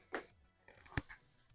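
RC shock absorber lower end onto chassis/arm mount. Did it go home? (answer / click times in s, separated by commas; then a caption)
yes / 1.0 s. A plastic rod end on the lower end of a shock absorber is pressed over the ball or post of its mount on a Kyosho 2014 Scorpion vintage RC buggy kit. A soft tap comes at 0.2 s, then faint scraping and light ticks as the pressure builds. A sharp snap at 1.0 s marks the shock end popping onto its mount, seated.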